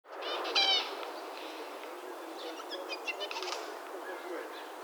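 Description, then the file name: Eurasian jay giving a short call near the start, followed by faint scattered chirps. "Garrulus glandarius"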